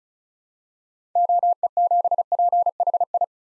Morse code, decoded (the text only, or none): OE7PHI